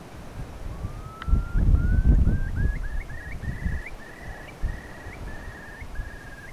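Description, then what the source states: Eurasian curlew with a long, slowly rising whistle followed by a series of clear whistled notes, each ending in an upward flick, over soft wind rumble. Recorded in the Yorkshire Dales.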